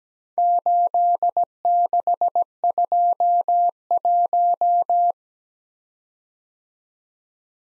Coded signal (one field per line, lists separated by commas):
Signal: Morse code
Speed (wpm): 20 wpm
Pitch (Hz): 700 Hz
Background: none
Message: 8621